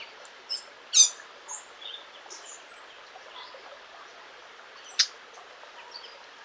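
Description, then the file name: Eurasian blackcap producing a loud abrupt tack note, then another about four seconds later, with soft thin whistles behind. "Sylvia atricapilla"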